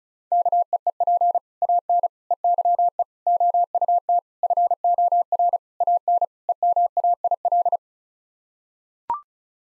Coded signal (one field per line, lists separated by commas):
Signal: Morse code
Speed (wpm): 36 wpm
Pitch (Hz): 700 Hz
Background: none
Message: KEEP AN EYE OUT FOR AN EMAIL